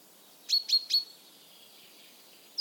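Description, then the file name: Common chaffinch gives three quick, sharp, high chips in a row, followed by quiet and one brief note at the end. "Fringilla coelebs"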